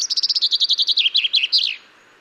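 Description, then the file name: Common chaffinch song: a rapid, loud series of repeated chirping notes that gradually descends in pitch, ending in a brief flourish after about 1.8 seconds. "Fringilla coelebs"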